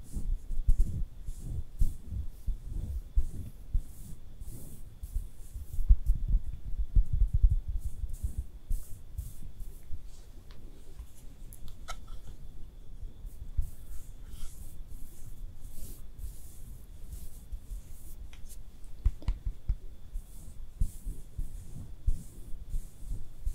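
Makeup being applied with no talking: soft, dense rubbing and brushing strokes with muffled low thumps, busiest in the first eight seconds. Sharper clicks and taps stand out around 12 and 19 seconds, over a faint, steady high whine.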